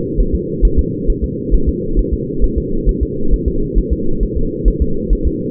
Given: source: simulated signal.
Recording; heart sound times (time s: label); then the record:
fetal heart sounds
0.20 s: S1
0.35 s: S2
0.65 s: S1
0.79 s: S2
1.10 s: S1
1.24 s: S2
1.55 s: S1
1.69 s: S2
1.99 s: S1
2.14 s: S2
2.44 s: S1
2.58 s: S2
2.89 s: S1
3.03 s: S2
3.34 s: S1
3.48 s: S2
3.78 s: S1
3.93 s: S2
4.23 s: S1
4.38 s: S2
4.68 s: S1
4.82 s: S2
5.13 s: S1
5.27 s: S2
From the record:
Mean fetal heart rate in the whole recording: 135 bpm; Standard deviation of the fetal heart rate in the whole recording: 3 bpm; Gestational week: 36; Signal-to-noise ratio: -8.1 dB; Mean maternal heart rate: 72 bpm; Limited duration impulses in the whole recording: absent